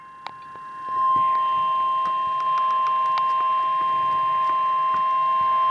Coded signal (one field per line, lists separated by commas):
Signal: Emergency Alert System (SAME) tones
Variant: 1050 Hz attention tone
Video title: REAL EAS 803-Severe thunderstorm warning